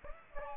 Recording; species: mosquito wingbeat signal from an infrared sensor; Aedes aegypti